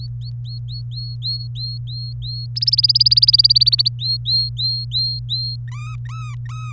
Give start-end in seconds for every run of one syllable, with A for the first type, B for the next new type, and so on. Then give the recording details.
0.00-2.46 A, 2.56-3.89 B, 3.99-5.56 A, 5.67-6.73 C. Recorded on 24 April 2018 at 18:15. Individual llb3